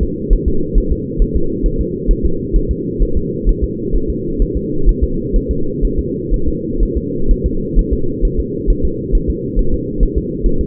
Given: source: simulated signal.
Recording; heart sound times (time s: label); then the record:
fetal heart sounds
0.03 s: S2
0.33 s: S1
0.48 s: S2
0.78 s: S1
0.92 s: S2
1.22 s: S1
1.37 s: S2
1.66 s: S1
1.81 s: S2
2.11 s: S1
2.25 s: S2
2.56 s: S1
2.71 s: S2
3.03 s: S1
3.17 s: S2
3.49 s: S1
3.64 s: S2
3.96 s: S1
4.10 s: S2
4.42 s: S1
4.57 s: S2
4.89 s: S1
5.03 s: S2
5.36 s: S1
5.51 s: S2
5.85 s: S1
5.99 s: S2
6.34 s: S1
6.48 s: S2
6.83 s: S1
6.98 s: S2
7.31 s: S1
7.46 s: S2
7.79 s: S1
7.93 s: S2
8.25 s: S1
8.40 s: S2
8.70 s: S1
8.85 s: S2
9.15 s: S1
9.30 s: S2
9.59 s: S1
9.74 s: S2
10.03 s: S1
10.18 s: S2
10.46 s: S1
10.61 s: S2
From the record:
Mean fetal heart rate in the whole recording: 130 bpm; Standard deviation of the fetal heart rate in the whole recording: 4 bpm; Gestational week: 38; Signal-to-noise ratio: -8.1 dB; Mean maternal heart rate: 72 bpm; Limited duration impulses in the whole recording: absent